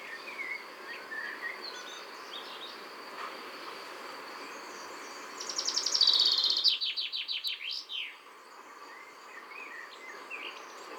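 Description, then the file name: Common chaffinch song: a rapid run of bright, repeated notes ending in a flourish, with faint other birds before it. "Fringilla coelebs"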